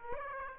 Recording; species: mosquito wingbeat signal from an infrared sensor; Aedes aegypti